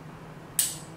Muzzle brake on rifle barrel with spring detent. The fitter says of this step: you hear it click into the groove